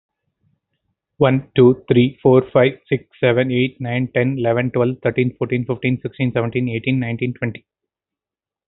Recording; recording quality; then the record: counting at a fast pace; excellent, no background noise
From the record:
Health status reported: healthy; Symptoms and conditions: diabetes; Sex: male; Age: 35 years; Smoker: not ticked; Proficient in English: yes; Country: India